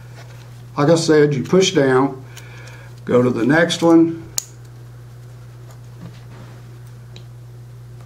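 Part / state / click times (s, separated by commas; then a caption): hand gripper spring adjuster into setting notch / seated / 4.4 s, 7.2 s. Someone talks while pressing down on the sliding spring mount of an Iron Gripper 8 adjustable hand gripper and moving it to the next metal setting notch. A sharp click at 4.4 s and a fainter one at 7.2 s mark the tension adjuster locking into the next setting.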